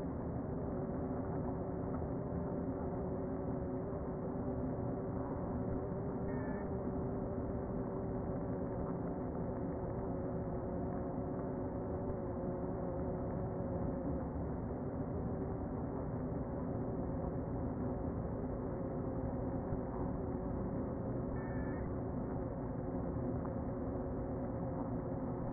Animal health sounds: honeybee colony, microphone inside the hive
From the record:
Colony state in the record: queen present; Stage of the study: before two queens were removed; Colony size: about 60,000 bees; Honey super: yes

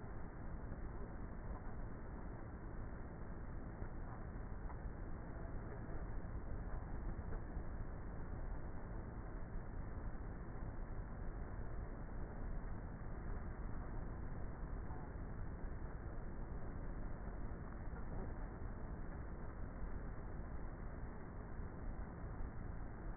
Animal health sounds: honeybee colony, microphone inside the hive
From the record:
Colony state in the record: queenless with a low population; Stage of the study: before two queens were removed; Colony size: about 30,000 bees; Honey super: no

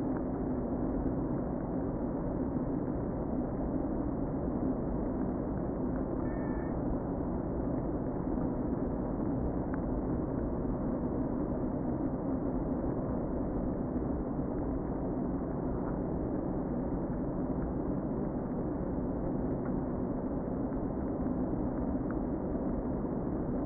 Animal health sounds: honeybee colony, microphone inside the hive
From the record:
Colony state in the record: queen present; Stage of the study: before two queens were removed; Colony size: about 60,000 bees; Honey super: yes

